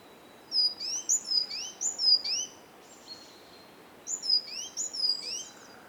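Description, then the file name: Great tit calling in two bursts of high, slurred, chipping notes, a brief pause between, against light steady hiss. "Parus major"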